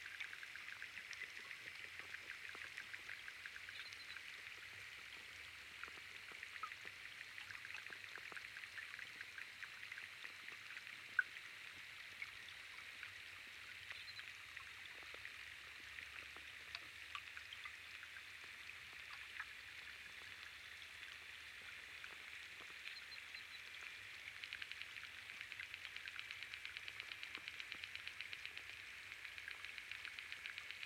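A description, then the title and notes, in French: An underwater hydrophone recording in a park pond: a dense, steady crackle of tiny clicks and ticks fills the bright middle range throughout. A faint low hum runs underneath, and one sharper tap stands out around eleven seconds. Enregistrement hydrophonique, Parc Jean-Jacques Rousseau (Ermenonville, France). Sound Devices 722; Aquarian Audio H2a-XLR hydrophones.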